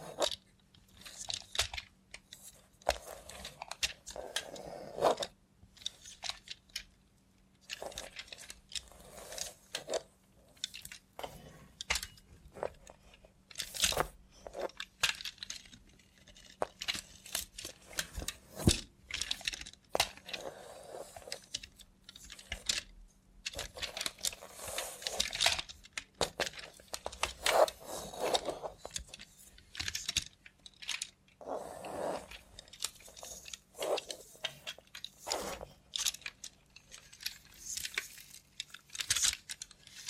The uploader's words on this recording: Try ASMR with a Robot Hand (No Talking).